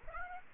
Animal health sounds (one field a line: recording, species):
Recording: mosquito wingbeat signal from an infrared sensor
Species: Aedes aegypti